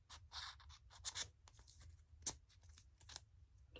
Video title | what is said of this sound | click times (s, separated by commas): UNBOXING MABEKS Genuine Leather Watch Band Compatible with Apple Watch | There we go. Make sure you guys feel that there. You will hear a little click | 3.2 s